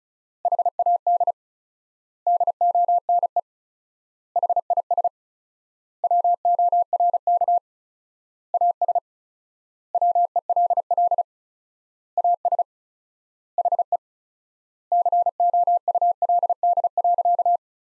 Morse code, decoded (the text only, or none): HAD DONE HIS WORK AS WELL AS HE COULD.